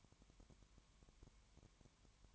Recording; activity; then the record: daily activity, microphone in the room; no activity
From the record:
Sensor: 3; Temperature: 20.1 degrees Celsius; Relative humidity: 31.4%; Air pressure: 1001.3 hPa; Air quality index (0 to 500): 74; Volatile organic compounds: 1 ppm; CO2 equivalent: 695 ppm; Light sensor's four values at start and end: 2/3/2/2 and 2/3/2/2